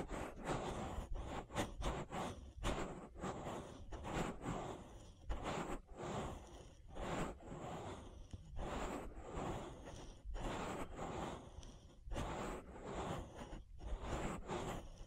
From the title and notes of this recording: ASMR Relaxing Ear Massage. (No Talking).